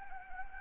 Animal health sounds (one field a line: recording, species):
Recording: mosquito wingbeat signal from an infrared sensor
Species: Anopheles gambiae